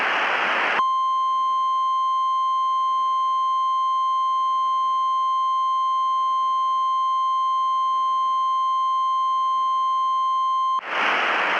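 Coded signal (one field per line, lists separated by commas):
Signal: Emergency Alert System (SAME) tones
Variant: 1050 Hz attention tone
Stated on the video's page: Requested mock alert, not a real activation, made with an EAS kit that runs in Keynote on macOS.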